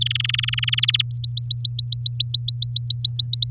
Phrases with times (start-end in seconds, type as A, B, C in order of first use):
0.01-0.70 A, 0.72-1.02 B, 1.11-3.30 C, 3.33-3.50 D